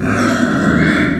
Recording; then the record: squeal of a Yucatan mini pig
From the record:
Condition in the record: after surgery on the right vocal fold (resection and tissue-engineered implant); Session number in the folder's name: 4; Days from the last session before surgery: 26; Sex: female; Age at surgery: 19 weeks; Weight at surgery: 25 kg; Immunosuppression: prednisolone